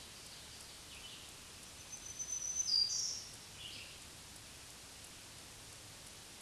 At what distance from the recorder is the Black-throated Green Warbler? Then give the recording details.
about 35 m. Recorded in a Pennsylvania forest on 1 June 2023 at 07:14. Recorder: AudioMoth, point grid3_27_low. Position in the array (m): 147 m, 52 m